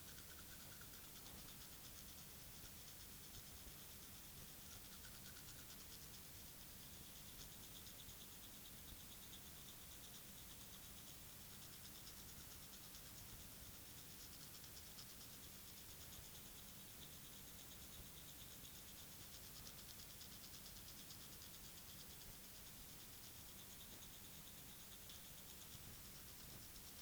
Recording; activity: daily activity, guitar pickup as the sensor; brush teeth